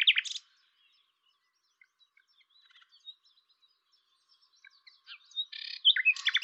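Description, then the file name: Common nightingale song: a short loud burst at the start, a long near-silent stretch of faint notes, then a vigorous phrase of repeated rattling notes. "Luscinia megarhynchos"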